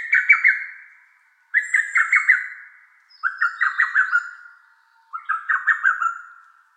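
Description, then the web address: Lesser cuckoo song, four quick choppy phrases of rapid emphatic notes, the later ones lower in pitch, with short silent gaps between them. Recorded on 25 May 2017. "birdenaga hototogisu"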